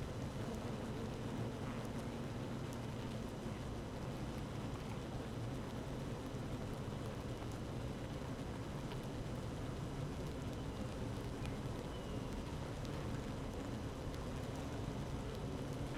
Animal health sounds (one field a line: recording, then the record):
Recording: honeybee colony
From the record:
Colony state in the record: active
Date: 12 June 2018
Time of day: 15:30